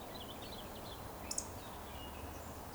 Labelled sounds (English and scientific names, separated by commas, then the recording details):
Eurasian Woodcock (Scolopax rusticola) whistle
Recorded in Baden-Württemberg, Germany, on 11 June 2020 at 20:17 UTC
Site 14569, 102 m above sea level